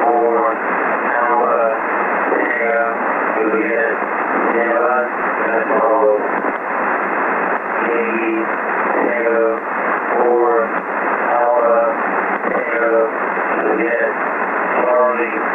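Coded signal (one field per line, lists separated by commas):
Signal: coded military voice message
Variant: Emergency Action Message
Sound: a male voice reading a steady stream of words over noisy shortwave radio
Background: radio static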